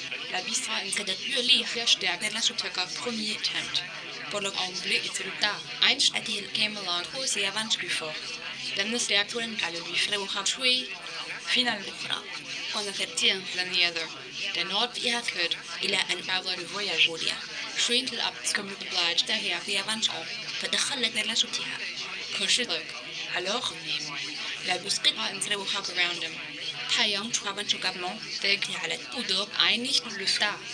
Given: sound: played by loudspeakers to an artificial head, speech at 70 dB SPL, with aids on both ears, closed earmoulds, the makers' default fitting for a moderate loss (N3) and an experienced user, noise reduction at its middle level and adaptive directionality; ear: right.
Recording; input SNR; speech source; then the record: speech test signal (ISTS) in cocktail-party noise; +6 dB; in front (0 degrees)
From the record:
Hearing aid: class 2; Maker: A